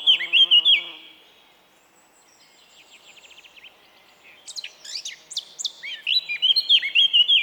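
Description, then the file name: Eurasian blackcap song: a burst of loud fluty whistles, a near-silent pause, then soft chattering notes rising into another bright whistled flourish. "Sylvia atricapilla"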